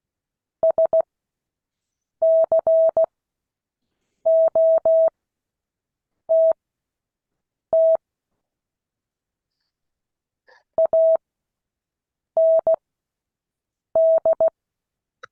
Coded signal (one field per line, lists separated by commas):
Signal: Morse code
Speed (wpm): 16 wpm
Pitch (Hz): 650 Hz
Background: none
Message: SCOTT AND